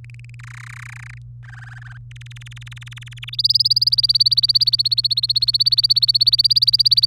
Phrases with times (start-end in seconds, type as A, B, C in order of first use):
0.04-0.35 A, 0.39-1.18 B, 1.44-1.98 C, 2.11-3.29 D, 3.33-7.06 E